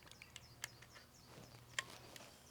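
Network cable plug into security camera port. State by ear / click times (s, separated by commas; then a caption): partly seated / 1.8 s. A network cable plug is pushed into the port of a Unifi G6 Pro Dome security camera during installation, with a rubber grommet on the cable. Only a faint half click is heard at 1.8 s among a few soft ticks and a light background hiss. The camera still powers up and shows a white light.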